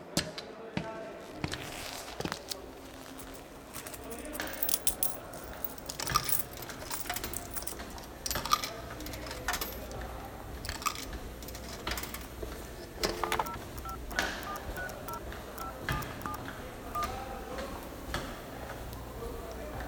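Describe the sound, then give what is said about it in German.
Coins clatter into a payphone in a common room, followed by a series of sharp, irregular clicks and taps as a number is dialed, all over a steady low background hum. “Da steht ein Münztelefon.”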